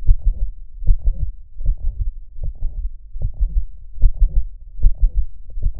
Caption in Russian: ПМК дистанционно верхушка на боку.